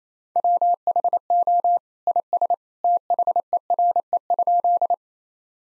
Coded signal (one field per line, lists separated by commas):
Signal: Morse code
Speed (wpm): 27 wpm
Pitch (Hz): 700 Hz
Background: none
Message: WHO IS THERE?